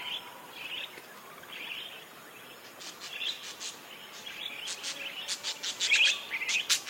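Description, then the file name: Parakeets calling in a flock, soft trilled chirps early building into a quicker, louder run of sharp chattering notes toward the end, over steady background hiss. "suara kawanan burung parkit"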